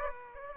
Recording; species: mosquito wingbeat signal from an infrared sensor; Aedes aegypti